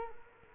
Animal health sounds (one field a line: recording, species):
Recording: mosquito wingbeat signal from an infrared sensor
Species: Culex quinquefasciatus